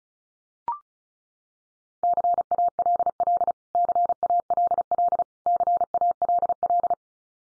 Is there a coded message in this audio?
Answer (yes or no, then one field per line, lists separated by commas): yes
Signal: Morse code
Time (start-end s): 2.0-6.9 s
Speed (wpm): 34 wpm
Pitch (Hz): 700 Hz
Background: none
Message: CALL CALL CALL